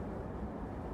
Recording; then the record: background sound without coughing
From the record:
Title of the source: Train Ride Ambience ambient white noise for sleeping, focus, studying, reading